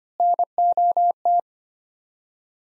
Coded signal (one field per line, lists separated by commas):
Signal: Morse code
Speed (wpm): 25 wpm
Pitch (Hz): 700 Hz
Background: none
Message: NOT